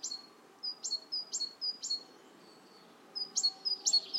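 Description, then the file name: Great tit song of clear high-then-lower whistled notes, several phrases, a pause, then several more phrases. "Parus major"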